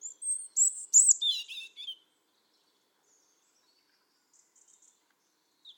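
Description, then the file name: European robin song phrase: high thin whistles dropping into rapid twittering notes, then quiet with a few faint high notes. "Erithacus rubecula"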